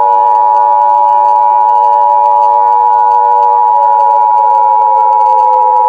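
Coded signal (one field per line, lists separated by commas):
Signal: Emergency Alert System (SAME) tones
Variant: 853 and 960 Hz attention tone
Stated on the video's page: EAS tones in a fictional nuclear escalation scenario, with text-to-speech.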